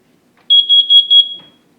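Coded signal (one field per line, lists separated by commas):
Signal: alarm pattern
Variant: temporal four (T4)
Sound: four rapid high-pitched beeps run almost together, then a fading ring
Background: small room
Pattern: 4 short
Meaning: Four quick beeps signal carbon monoxide detected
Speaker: so the single cro arm will be like that and a straight smoke alarm will be have three beeps um they call it temporal three a temporal four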